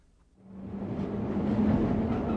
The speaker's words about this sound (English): Come, we'll go on the Underground Railway.